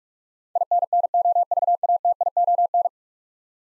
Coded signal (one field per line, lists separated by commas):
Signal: Morse code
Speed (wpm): 46 wpm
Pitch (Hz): 700 Hz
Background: none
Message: INNOVATION